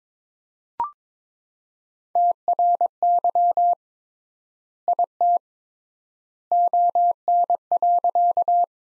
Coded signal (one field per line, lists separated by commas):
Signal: Morse code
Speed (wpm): 22 wpm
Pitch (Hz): 700 Hz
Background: none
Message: TRY IT ON.